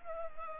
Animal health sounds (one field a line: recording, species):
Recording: mosquito wingbeat signal from an infrared sensor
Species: Culex pipiens